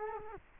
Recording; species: mosquito wingbeat signal from an infrared sensor; Culex quinquefasciatus